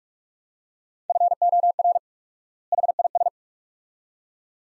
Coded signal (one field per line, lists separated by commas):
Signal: Morse code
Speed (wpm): 44 wpm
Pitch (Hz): 700 Hz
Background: none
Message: FOR HIS